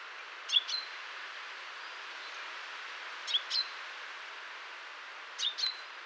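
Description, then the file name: Common chaffinch giving crisp paired call notes three times, spaced about two to three seconds apart, against a constant hiss. "Fringilla coelebs"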